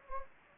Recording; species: mosquito wingbeat signal from an infrared sensor; Anopheles gambiae